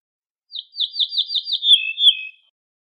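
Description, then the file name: Ortolan bunting: clear, evenly spaced falling notes repeated about six times, finishing with a lower, sustained two-part ending. "suara kicauan ortolan"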